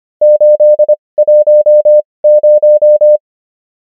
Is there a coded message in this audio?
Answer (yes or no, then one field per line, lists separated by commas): yes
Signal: Morse code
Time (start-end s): 0.2-3.2 s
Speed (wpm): 25 wpm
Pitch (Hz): 600 Hz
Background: none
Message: 810